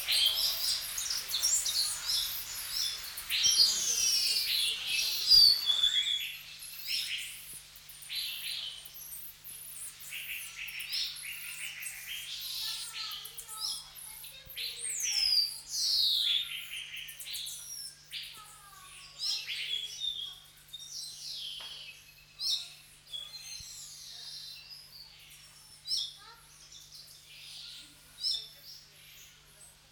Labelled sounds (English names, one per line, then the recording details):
Blue Whistling Thrush call
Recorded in captivity
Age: adult
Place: Zoo Augsburg, Bayern, DE
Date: 1993-09-04 11:52
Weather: 14 °C, bedeckt
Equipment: Marantz CP 430, Sennheiser MKH 416 T, Kopie Uher Variocord 263
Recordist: Tembrock, Günter